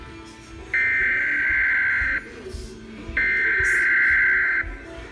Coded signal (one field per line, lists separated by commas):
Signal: Emergency Alert System (SAME) tones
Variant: header bursts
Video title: EAS #72 Flash Flood Warning